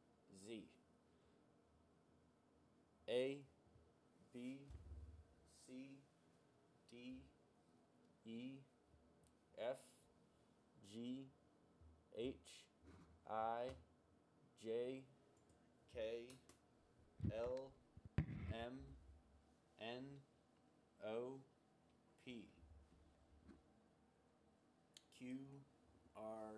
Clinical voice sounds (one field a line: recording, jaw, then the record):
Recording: letters of the alphabet, spoken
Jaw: free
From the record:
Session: seven days later